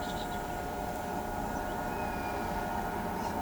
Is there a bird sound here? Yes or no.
no